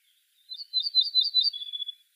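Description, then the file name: Eurasian blackcap call: a single rapid rattling trill lasting about a second and a half, in otherwise quiet surroundings. "Sylvia atricapilla"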